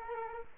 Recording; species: mosquito wingbeat signal from an infrared sensor; Culex quinquefasciatus